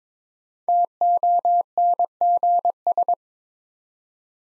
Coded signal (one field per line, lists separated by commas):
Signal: Morse code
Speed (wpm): 22 wpm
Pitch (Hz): 700 Hz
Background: none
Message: TONGS